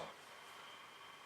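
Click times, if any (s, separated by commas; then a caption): none. A battery pack is being handled against the frame of an electric mountain bike, with only a steady hiss-like background and a brief soft rustle at the start. Nothing has seated or clicked yet; the battery is not yet locked into the frame.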